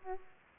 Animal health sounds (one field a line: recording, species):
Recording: mosquito wingbeat signal from an infrared sensor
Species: Aedes aegypti